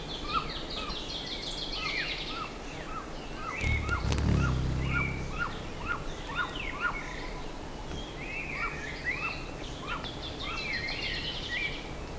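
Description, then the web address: Bird calls repeated as short mid-pitched notes for many seconds, with high chattering above and a brief loud thump early on. "BIRD 2015 SABIOD 50 bird 2015"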